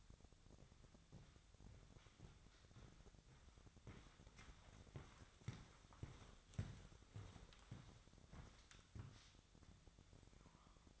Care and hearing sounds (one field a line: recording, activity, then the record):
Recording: daily activity, microphone in the room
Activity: walk to room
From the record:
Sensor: 3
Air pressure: 999.4 hPa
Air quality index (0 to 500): 196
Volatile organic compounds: 43 ppm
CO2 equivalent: 3195 ppm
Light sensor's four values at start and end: 8/20/8/8 and 8/19/8/7